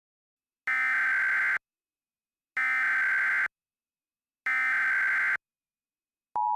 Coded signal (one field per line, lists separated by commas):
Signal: Emergency Alert System (SAME) tones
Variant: header bursts